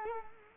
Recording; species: mosquito wingbeat signal from an infrared sensor; Culex quinquefasciatus